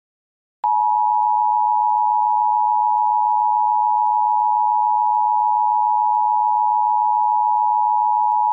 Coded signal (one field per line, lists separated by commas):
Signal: Emergency Alert System (SAME) tones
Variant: 853 and 960 Hz attention tone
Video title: EAS During Sesame Street (7-20-23 WVIA-DT1)